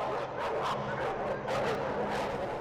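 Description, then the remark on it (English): Dogs bark and whimper in a dense, continuous commotion, with several sharp bursts of barking breaking through a steady, noisy background. “Dog fighting is a cruel and deadly activity in which dogs are forced to tear each other apart.”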